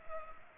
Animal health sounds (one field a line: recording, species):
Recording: mosquito wingbeat signal from an infrared sensor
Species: Culex pipiens